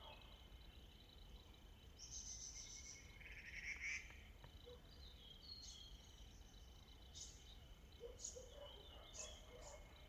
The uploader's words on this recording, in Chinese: 懶山林環境音。早晨。